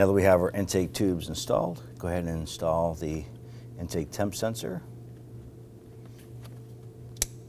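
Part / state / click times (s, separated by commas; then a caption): intake air temperature sensor into intake tube / seated / 7.2 s. Someone talks, then an intake air temperature sensor is pushed into the plastic intake tube of a 2015–2020 Ford F-150 during a throttle body replacement. A sharp click is heard at 7.2 s as the sensor seats into place.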